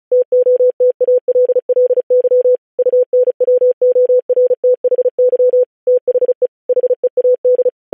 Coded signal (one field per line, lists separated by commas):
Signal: Morse code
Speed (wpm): 36 wpm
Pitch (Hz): 500 Hz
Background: none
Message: TOTALLY UNWORTHY THE HEAD